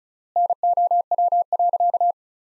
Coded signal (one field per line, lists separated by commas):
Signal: Morse code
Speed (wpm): 36 wpm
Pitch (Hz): 700 Hz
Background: none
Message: NOW.